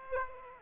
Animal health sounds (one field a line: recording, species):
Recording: mosquito wingbeat signal from an infrared sensor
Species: Aedes aegypti